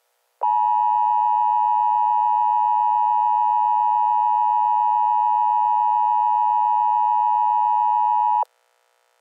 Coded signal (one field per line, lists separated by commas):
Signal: Emergency Alert System (SAME) tones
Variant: 853 and 960 Hz attention tone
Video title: EAS Scenario - Titan Kitty